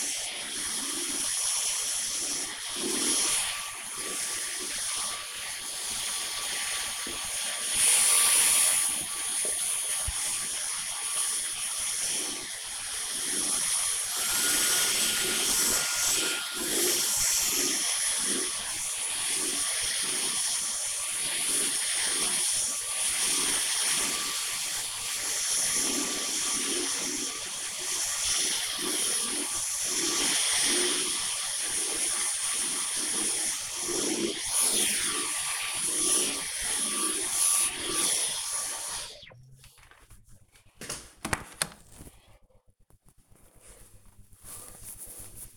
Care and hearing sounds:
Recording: household activities, microphone on the right wrist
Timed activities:
0.00-39.03 s: vacuum cleaning

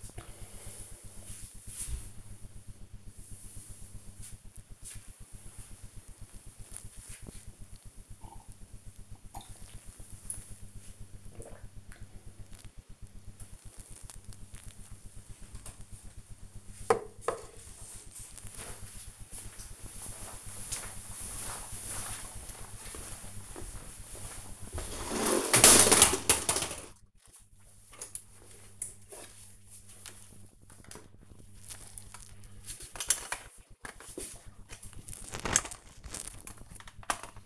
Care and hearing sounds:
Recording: household activities, microphone on the right wrist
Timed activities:
0.00-14.58 s: drinking

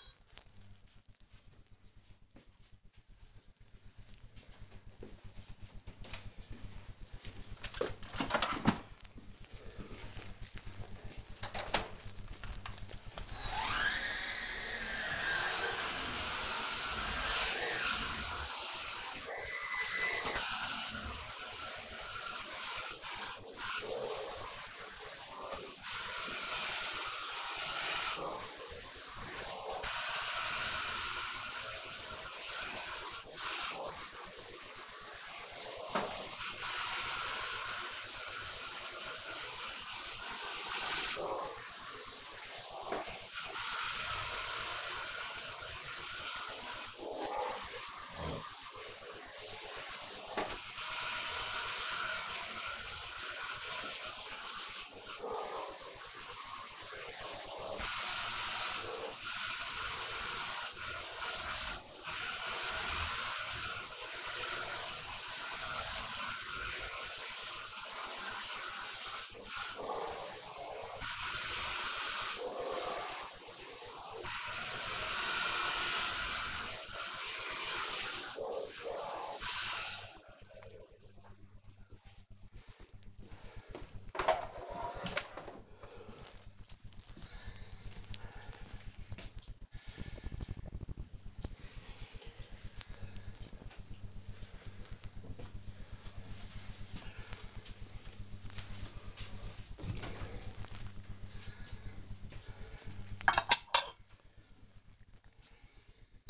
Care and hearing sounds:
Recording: household activities, microphone on the right wrist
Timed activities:
8.36-79.79 s: vacuum cleaning
99.94-106.30 s: putting away the dishes

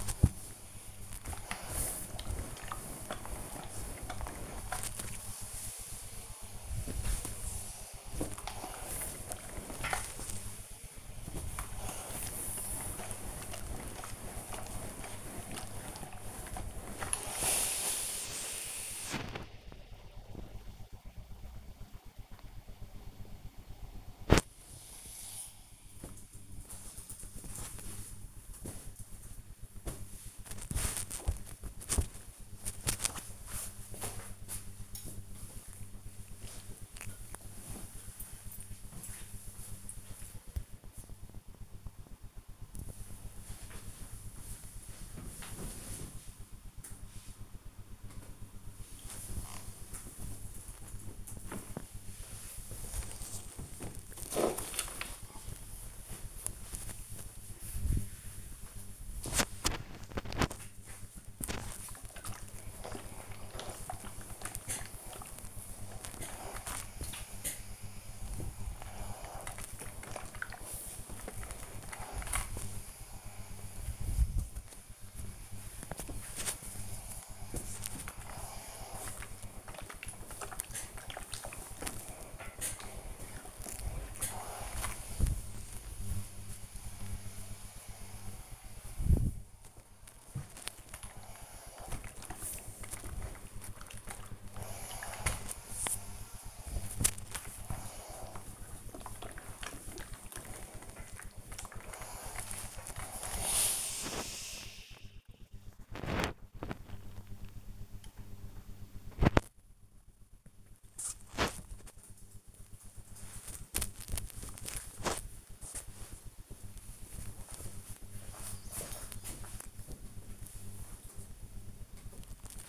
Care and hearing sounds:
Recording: household activities, microphone on the right wrist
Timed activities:
0.00-18.53 s: ironing laundry
22.54-34.57 s: folding laundry
47.60-102.74 s: ironing laundry
108.76-119.79 s: folding laundry

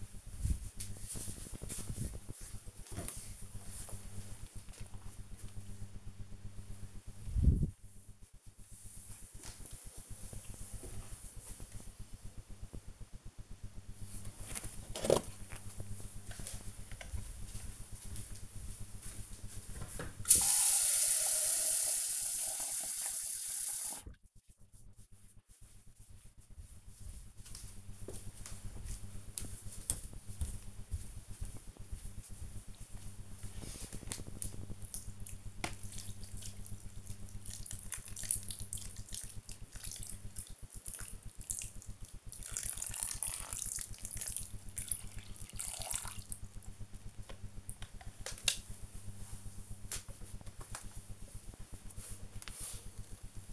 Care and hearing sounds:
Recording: household activities, microphone on the right wrist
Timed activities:
13.59-49.84 s: watering plant

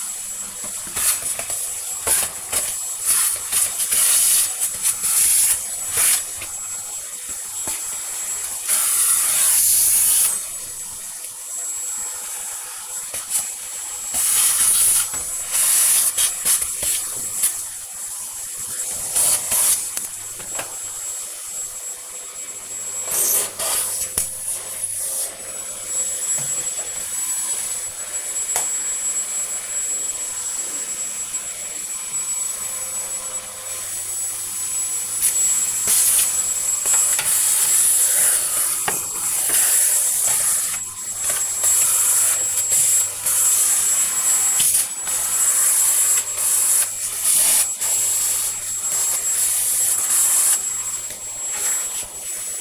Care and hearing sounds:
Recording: household activities, microphone on the right wrist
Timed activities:
0.00-52.61 s: vacuum cleaning

